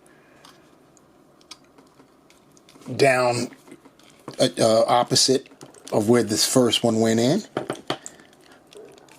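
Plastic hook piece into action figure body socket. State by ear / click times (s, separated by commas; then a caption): not seated / none. Someone talks while a second plastic hook piece is pushed into a socket on the body of a Marvel Legends Gargantos (Shuma Gorath) Gamerverse Deluxe action figure, opposite where the first hook went in. Only faint plastic handling taps are heard, with a sharper tap near 7.9 s. The hook goes in but does not snap, and nothing has clicked yet.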